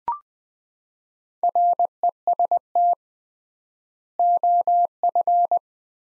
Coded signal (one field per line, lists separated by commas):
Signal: Morse code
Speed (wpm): 20 wpm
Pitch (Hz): 700 Hz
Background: none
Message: REST OF